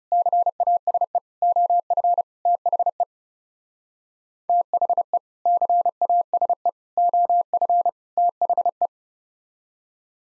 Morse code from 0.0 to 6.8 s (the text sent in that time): CASE OF THE THE CASE